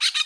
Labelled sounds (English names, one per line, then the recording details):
Brown-throated Parakeet contact call
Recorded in Curacao
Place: Road to Santa Cruz
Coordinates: 12.305, -69.141